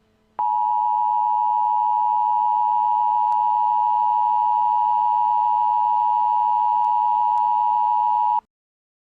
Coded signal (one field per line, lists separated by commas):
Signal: Emergency Alert System (SAME) tones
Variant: 853 and 960 Hz attention tone